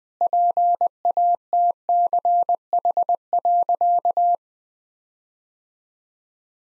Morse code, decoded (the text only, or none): PATCH.